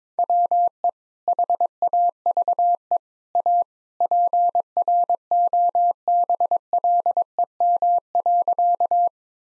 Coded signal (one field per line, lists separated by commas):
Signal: Morse code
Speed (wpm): 22 wpm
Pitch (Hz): 700 Hz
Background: none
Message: WE HAVE A PROBLEM.